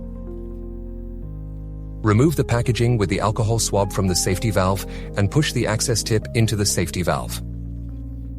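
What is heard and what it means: A drainage line's plastic access tip is being handled at a pleural catheter's safety valve after its alcohol-swab packaging is removed. Someone talks over soft background music. Nothing has seated or clicked yet.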